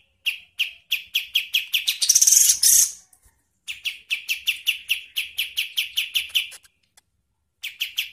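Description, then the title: Bird song: quick series of sharp, bright chirps, broken by a harsher buzzy burst and short pauses. Training song for songbirds (masteran). "Masteran Burung"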